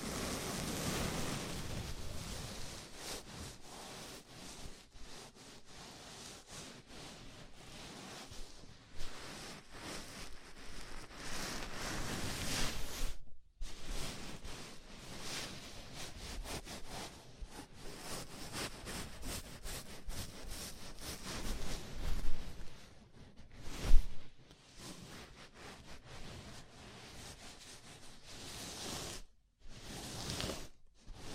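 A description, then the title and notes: A scalp massage: fingers rub and scratch through hair in a dense, continuous rustling with quick irregular strokes. The sound has a bright, scratchy hiss, breaking into brief silences near 13 seconds and again around 24, 29 and 31 seconds. ASMR Sleepy Scalp Massage (No Talking).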